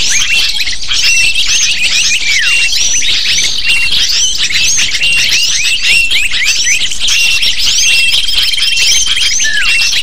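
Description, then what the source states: Lovebird calls from a crowded flock, sharp repeated chirps and curling squeaks packed tightly, a flat whistled tone near the end. Lure call used to attract lovebirds (pikat burung).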